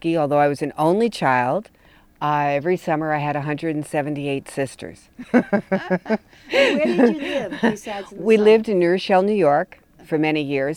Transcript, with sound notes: Although I was an only child, every summer I had 178 sisters. [laughter]
Where did you live, besides in the summer?
We lived in New Rochelle, New York for many years.